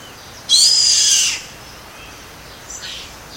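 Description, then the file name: Yellow-headed caracara giving a single harsh, hissing scream lasting about a second, high and raspy, followed by a faint short note near the end. Comandatuba, Bahia, Brazil, 29 January 2013. "Milvago-chimachima-IComandatuba BA-Br-29-1-13-ASilveira"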